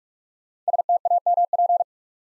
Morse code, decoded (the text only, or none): STAMP